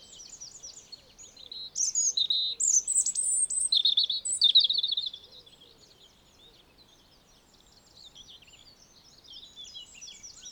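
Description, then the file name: European robin delivering a long, varied phrase of high sweet warbles and slurred whistles, followed by faint trickling notes after a pause. "Erithacus rubecula"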